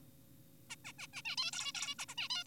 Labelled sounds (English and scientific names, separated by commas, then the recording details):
Zebra Finch (Taeniopygia guttata)
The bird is an adult
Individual g4p5U